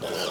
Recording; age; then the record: pig call; piglet (1 to 25 days)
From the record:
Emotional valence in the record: positive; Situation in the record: huddling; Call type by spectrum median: low-frequency call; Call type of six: high-frequency stable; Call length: 0.31 s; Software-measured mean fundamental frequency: 157 Hz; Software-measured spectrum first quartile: 556 Hz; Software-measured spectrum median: 1450 Hz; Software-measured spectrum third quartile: 4101 Hz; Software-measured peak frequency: 435 Hz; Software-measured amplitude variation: 70 dB a second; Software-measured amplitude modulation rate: 20.9 a second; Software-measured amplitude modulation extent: 3.4 dB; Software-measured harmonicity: 0.7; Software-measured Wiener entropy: -1.80